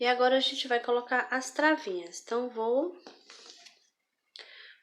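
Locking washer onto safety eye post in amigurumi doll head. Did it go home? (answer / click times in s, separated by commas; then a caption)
no / none. Someone talks while picking up a plastic locking washer and lining it up in position on the safety eye post of an amigurumi doll head, ready to press it home. Soft handling noises follow the talk, with a brief sharp sound near 4.4 s. Nothing has seated or clicked yet.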